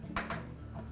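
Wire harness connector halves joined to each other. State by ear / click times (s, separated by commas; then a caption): seated / 0.2 s. The two halves of a dryer wiring harness connector are pressed firmly together during replacement of a Whirlpool blower wheel (part #697772) until their plastic locking tabs engage. A sharp click at 0.2 s marks the halves locking together, followed by a weaker click at 0.3 s over a low background hum.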